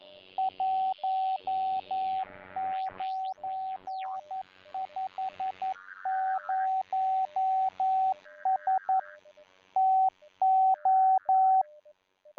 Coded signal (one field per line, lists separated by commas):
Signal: Morse code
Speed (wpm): 11 wpm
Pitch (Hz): 760 Hz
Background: radio noise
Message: 1950S TO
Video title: Improve Your Morse Code - Swaffham ATC Cold War Cadets